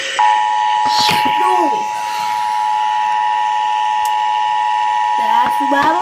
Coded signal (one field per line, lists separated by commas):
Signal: Emergency Alert System (SAME) tones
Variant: 853 and 960 Hz attention tone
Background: speech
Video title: Eas